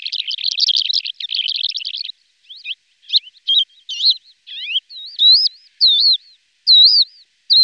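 Lesser short-toed lark singing a dense buzzy chatter, then scattered chirps and a series of looping whistled notes.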